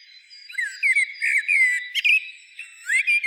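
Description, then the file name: Common blackbird singing a mellow, fluted warble of slurred whistles, with a short squeaky flourish in the middle and a rising whistle near the close. "Turdus merula"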